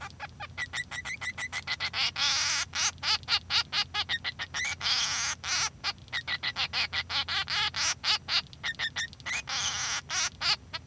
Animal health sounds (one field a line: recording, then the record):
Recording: song of a male Bengalese finch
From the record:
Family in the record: son of father 3